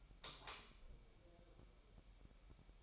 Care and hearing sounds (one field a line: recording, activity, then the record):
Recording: daily activity, microphone in the room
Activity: light off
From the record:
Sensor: 1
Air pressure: 1001.9 hPa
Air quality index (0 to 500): 249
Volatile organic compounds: 54 ppm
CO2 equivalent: 3347 ppm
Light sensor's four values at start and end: 9/28/10/12 and 5/11/4/5